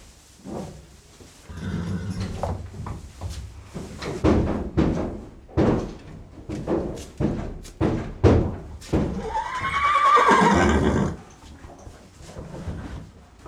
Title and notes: Stoppenberg, Essen, Deutschland - essen, bruch street, horse stable. Auf einem Reiterhof in einem Pferdestall. Der Klang der schnaubenden Heu essenden Tiere, Pferdeschritte auf dem Steinboden des Stalls. Inside a horse stable on a horse barn. Projekt - Stadtklang//: Hörorte